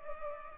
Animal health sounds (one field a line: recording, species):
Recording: mosquito wingbeat signal from an infrared sensor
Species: Culex pipiens